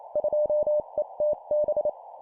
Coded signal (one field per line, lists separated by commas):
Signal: Morse code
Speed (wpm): 28 wpm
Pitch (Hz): 600 Hz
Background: none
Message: 2ETB